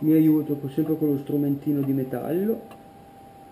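Someone talks while handling a small metal tool to press an iPhone 4S battery's flex connector onto its socket on the logic board. The voice fills the first two and a half seconds, then gives way to low background hiss. Nothing has seated or clicked yet.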